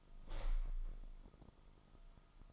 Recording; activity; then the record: daily activity, microphone in the room; open window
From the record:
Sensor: 5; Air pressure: 1004.7 hPa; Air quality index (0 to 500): 82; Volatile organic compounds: 2 ppm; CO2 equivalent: 985 ppm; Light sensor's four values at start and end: 34/79/32/31 and 34/79/32/31